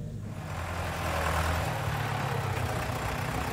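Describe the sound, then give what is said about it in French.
A tractor engine, brought to deliver straw bales for marking out a festival ground, idles steadily, a low throbbing rumble with a broad mechanical hiss on top, holding a constant level throughout with no voices. “vient donner un coup de main avec son légendaire tracteur.”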